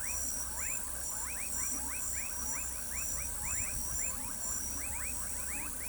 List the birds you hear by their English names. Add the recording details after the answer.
none. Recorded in pastures near Pivijay, Magdalena, Colombia, on 2 June 2023 at 19:30. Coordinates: 10.456, -74.369. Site P6-G026